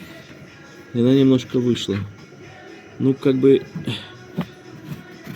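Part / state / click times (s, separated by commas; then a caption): plastic washer fluid fitting into its mount / seated / 4.4 s. A small plastic washer fluid fitting on a DS7 Crossback is twisted into its mount while someone talks. A short, sharp click at 4.4 seconds marks it snapping into place, and the fitting is seated.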